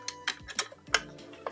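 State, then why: Not seated. A plastic piece of the model robot's left hip is handled and pressed toward its mount on the leg assembly, lining up with the two small holes at top and bottom. Several short plastic ticks and taps sound over a faint tonal background, the sharpest near 0.9 s. Nothing has seated or clicked yet.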